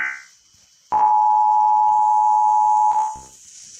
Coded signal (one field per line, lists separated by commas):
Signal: Emergency Alert System (SAME) tones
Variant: 853 and 960 Hz attention tone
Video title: Tucson EAS Alarm (TORNADO WARNING) 2001